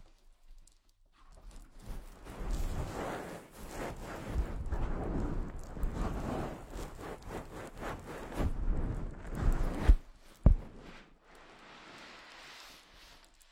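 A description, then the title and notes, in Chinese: A head-massage session, heard as dense rustling and rubbing that begins after about a second and continues with uneven strokes through most of the clip. Two sharp taps stand out near ten seconds, after which the sound drops to a soft, airy hiss. 疗愈SPA！头部调理，深度放松。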